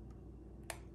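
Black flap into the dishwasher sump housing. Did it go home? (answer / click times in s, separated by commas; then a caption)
yes / 0.7 s. A black plastic flap is angled into the sump housing of a Bosch dishwasher during an E15 error fix, caught on its two lower tabs, then pressed at the top. A single sharp click sounds at 0.7 s over a low steady hum, with faint brief ticks around it. The flap is seated and locked in place.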